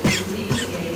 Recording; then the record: coughing mixed with background sound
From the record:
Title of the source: Dry Coughing Fit in the Afternoon.